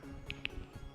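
A metal retaining clip is put back on over a headlight bulb and popped up into its latched position in the headlight housing. Two sharp clicks are heard at 0.3 s and 0.5 s as the clip snaps back on and seats.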